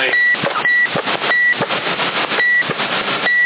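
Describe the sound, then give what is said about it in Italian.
A telephone beeps five times, short steady high-pitched tones at uneven intervals, riding over a loud, constant wash of rumbling noise. No one speaks. “Ehi, aspetta questo casino, si capiva cosa è. Il telefono.”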